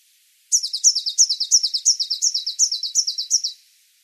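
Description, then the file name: Eurasian blue tit calling: a quick series of about ten high, sharply descending double notes, evenly spaced for three seconds, over a silent background. "Cyanistes caeruleus"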